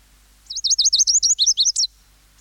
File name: lazulibunting